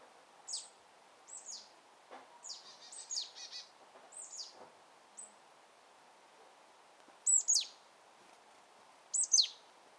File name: Poecile palustris